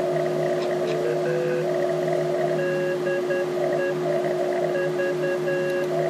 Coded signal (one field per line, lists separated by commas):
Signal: Morse code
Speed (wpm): 10 wpm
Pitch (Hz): 2750 Hz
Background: none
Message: DE V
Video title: RTL SDR